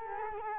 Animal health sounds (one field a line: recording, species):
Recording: mosquito wingbeat signal from an infrared sensor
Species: Culex quinquefasciatus